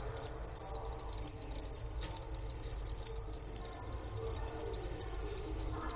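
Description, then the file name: Two-spotted cricket chirping in short, shrill pulses, fairly steady. Kept in a museum in Moscow, Russia; recorded 3 March 2016. "Gryllus bimaculatus in Darvinovskiy museum 2016-03-03"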